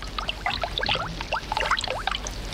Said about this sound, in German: Schon sprudelt es wie eine Quelle. Es plätschert der Bach.